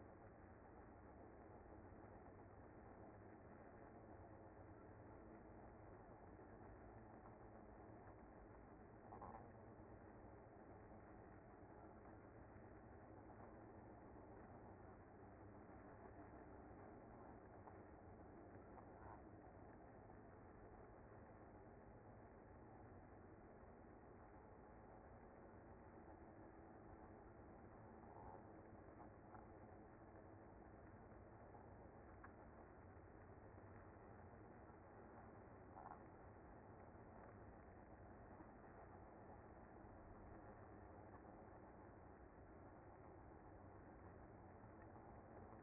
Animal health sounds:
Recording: honeybee colony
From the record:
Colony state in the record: active

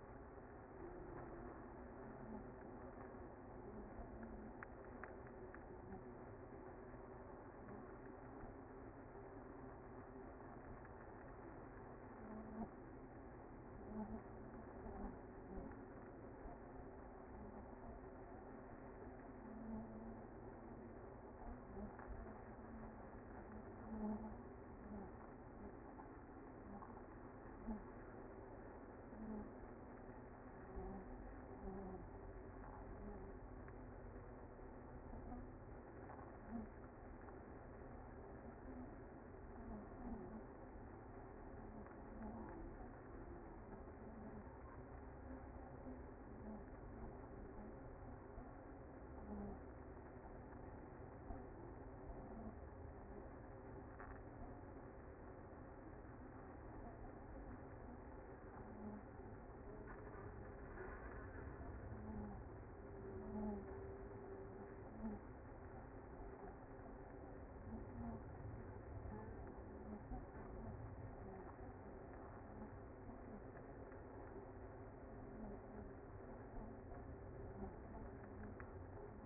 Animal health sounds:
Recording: honeybee colony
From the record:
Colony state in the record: active

